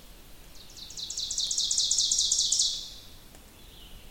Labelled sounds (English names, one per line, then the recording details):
Ovenbird song
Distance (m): 20 m
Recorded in boreal forest in Alberta, Canada, on 2 June 2016 at 05:50
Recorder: SongMeter 3, array SBT-3-7
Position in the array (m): 196 m, 1 m
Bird 6